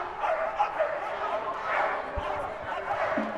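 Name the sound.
police dogs barking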